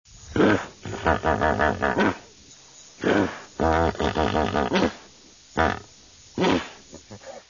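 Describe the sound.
Hippopotamus grunting call: bursts of deep, pulsed, honking grunts, from a fraction of a second to about two seconds long, in several bouts with quiet pauses between them.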